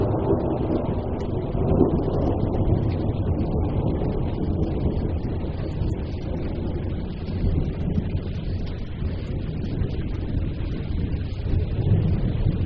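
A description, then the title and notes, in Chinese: Thunder rolls as a deep, continuous rumble that holds steady for the whole stretch, with no sharp cracks. The sound sits low and heavy with only a thin hiss above it, swelling slightly around two, eight and twelve seconds. 自然·白噪音 - 雷之声。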